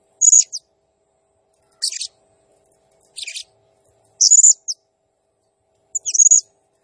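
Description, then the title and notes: Blue-crowned hanging parrot, five separate bursts of high, rasping chirps, some buzzy and harsh, roughly every second or two. Serindit in full, energetic song (gacor, 'nembak' style), used as a masteran training sound and lure for other birds. "Burung Serindit Nembak Gacor Bikin Emosi Semua Burung. Suara Nasteran Dan Pemikat Burung Serinditan Gacor"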